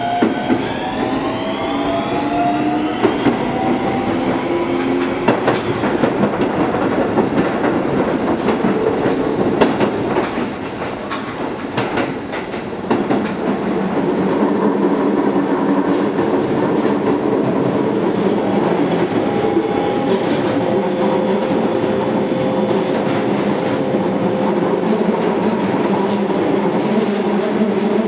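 A one-man commuter train rides between stations, motor whine rising in pitch early, then a steady rumble with rapid rail clicks and squeals.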